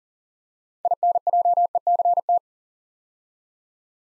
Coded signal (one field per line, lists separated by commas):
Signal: Morse code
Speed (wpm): 41 wpm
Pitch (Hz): 700 Hz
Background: none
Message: INJECT